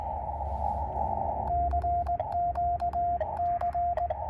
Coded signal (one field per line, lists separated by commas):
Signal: Morse code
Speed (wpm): 20 wpm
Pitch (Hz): 700 Hz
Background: radio noise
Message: CQC